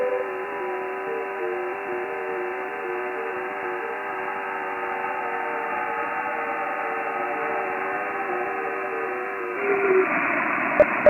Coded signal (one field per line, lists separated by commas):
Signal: FT8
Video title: QLog (By W2JDB) as a companion program to WSJT-X for the Visually Impaired / Blind HAM.